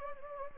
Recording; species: mosquito wingbeat signal from an infrared sensor; Anopheles gambiae